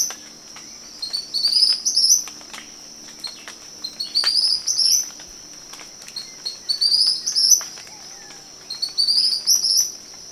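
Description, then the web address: Tropical kingbird song: thin, excited twittering bursts, about four phrases spaced two to three seconds apart, with a constant shrill whine behind. Recorded 20 September 2011. "chants 20110920 TYRMEL"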